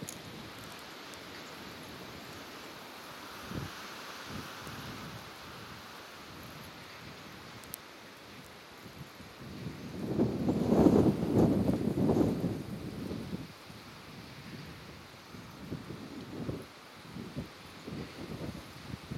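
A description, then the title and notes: A steady wind rushes and buffets the microphone. Low gusty thumps come and go, swelling into a heavy, rumbling surge between about ten and thirteen seconds before easing back, with scattered lighter knocks continuing toward the end. A binaural recording from Ontario's highest point, Ishpatina Ridge.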